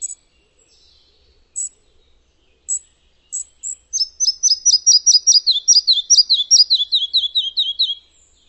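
Bird calling: a few scattered high thin notes, then a fast run of sharp descending chirps, sliding slightly lower in pitch as the series goes on.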